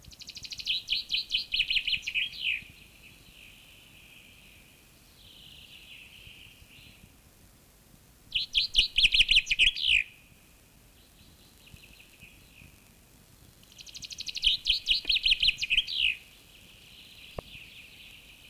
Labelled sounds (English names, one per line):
Common Chaffinch song